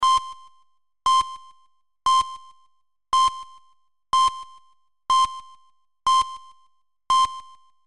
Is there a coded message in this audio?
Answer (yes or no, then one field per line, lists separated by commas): no